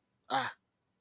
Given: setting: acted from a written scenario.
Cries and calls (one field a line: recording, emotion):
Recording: vocal sound without words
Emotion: fear